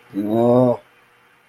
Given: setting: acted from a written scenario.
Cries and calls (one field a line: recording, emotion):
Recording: vocal sound without words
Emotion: disappointment